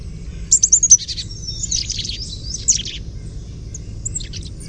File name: CACH chickadee gargle